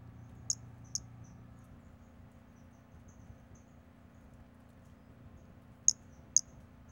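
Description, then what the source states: Pumpkin toadlet calls: short, very high, thin notes given in pairs about half a second apart, with a long quiet gap between pairs and a low steady hum beneath. Recorded 5 February 2016.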